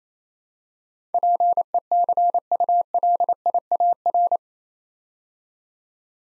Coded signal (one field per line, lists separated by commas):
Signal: Morse code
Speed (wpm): 27 wpm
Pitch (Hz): 700 Hz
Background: none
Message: PECULIAR